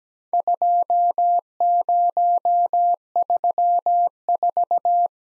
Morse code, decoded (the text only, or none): 2034